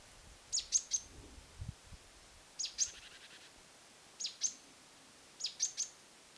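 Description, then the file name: Great tit calls, short, very high thin notes in clusters of two or three, repeated a few times. "Parus major"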